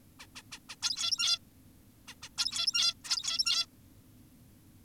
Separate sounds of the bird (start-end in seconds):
0.20-0.26, 0.36-0.42, 0.52-0.59, 0.69-0.76, 0.82-1.39, 2.08-2.15, 2.23-2.29, 2.38-2.94, 3.05-3.66